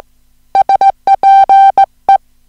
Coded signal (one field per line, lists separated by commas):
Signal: Morse code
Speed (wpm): 18 wpm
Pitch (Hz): 780 Hz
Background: music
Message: SPE